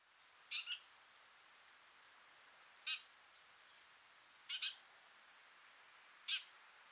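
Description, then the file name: House sparrow giving short, clipped chirps, some paired, spaced about two seconds apart, four bursts in all. "Passer domesticus"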